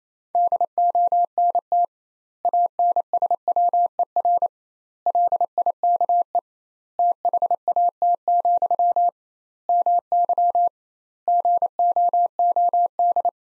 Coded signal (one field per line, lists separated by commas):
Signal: Morse code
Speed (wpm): 28 wpm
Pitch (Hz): 700 Hz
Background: none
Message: DONT ANSWER LIKE THAT, MY GOOD